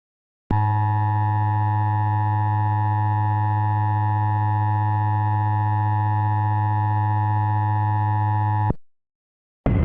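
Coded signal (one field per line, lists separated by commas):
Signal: Emergency Alert System (SAME) tones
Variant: 853 and 960 Hz attention tone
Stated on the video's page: Simulated EAS scenario, a remastered mock.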